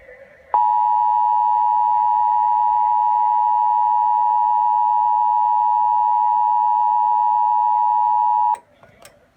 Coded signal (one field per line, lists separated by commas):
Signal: Emergency Alert System (SAME) tones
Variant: 853 and 960 Hz attention tone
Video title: Texas Amber Alert EAS with Siren